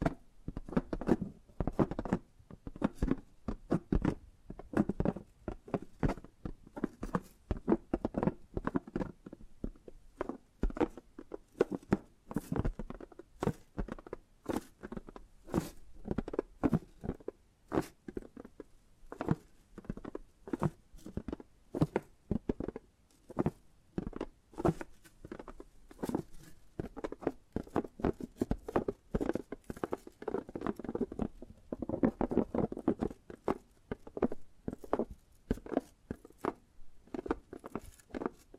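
Rapid tapping and gripping sounds click and patter continuously for the whole stretch, dense and irregular, with slight rustling between sharp taps.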